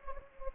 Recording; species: mosquito wingbeat signal from an infrared sensor; Anopheles gambiae